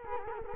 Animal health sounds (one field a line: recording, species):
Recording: mosquito wingbeat signal from an infrared sensor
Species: Culex quinquefasciatus